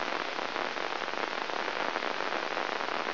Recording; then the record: brain microelectrode recording played as sound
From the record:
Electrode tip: inside the subthalamic nucleus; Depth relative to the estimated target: 1 mm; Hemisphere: right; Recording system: AlphaMap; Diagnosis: Parkinson's disease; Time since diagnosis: 13 years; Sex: male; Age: 62 years